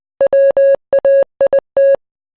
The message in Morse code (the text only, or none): WAIT